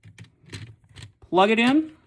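Someone handles the plastic torso section of a transforming Nemesis Prime robot figure, bringing it up to the latch it plugs into, with a few faint light handling taps in the first second. Then someone talks. Nothing has seated or clicked yet.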